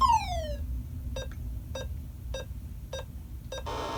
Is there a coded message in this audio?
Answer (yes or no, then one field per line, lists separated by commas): no